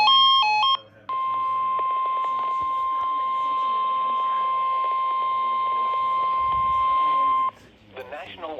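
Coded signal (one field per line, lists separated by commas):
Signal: Emergency Alert System (SAME) tones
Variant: 1050 Hz attention tone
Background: speech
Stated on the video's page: Severe thunderstorm warning on NOAA Weather Radio.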